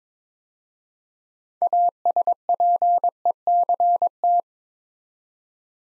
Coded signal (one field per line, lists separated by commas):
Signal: Morse code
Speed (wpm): 22 wpm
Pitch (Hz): 700 Hz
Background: none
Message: ASPECT